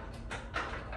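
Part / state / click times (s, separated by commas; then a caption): pin locking a pulley cable attachment into a gym rack / not seated / none. A pulley cable attachment is handled at its mount on a steel Prime Prodigy gym rack, where it is meant to slide in and be locked with a pin. Soft scraping and shuffling handling noises are heard, with a brief sharper knock at about 0.6 s. Nothing has seated or clicked yet; the clip ends before the part goes home.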